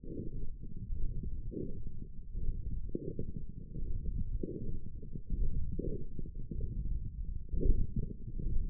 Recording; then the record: forearm muscle sounds (acoustic myography)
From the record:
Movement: wrist extension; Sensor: system 1, eight BSWA MPA416 microphones around the upper forearm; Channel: 7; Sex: male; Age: 21 years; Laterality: right